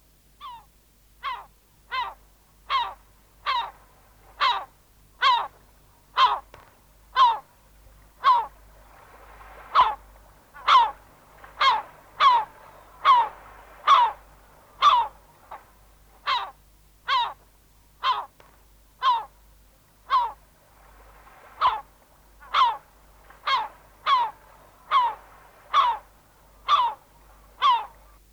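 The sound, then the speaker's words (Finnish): Herring gull calls repeat in a long, steady series, about one harsh, nasal, mid-pitched cry per second with a few brief pauses, loud and clear with no voices. “Sen tähden harmaalokki pärjää hyvin kilpailussa toisten lintujen kanssa.”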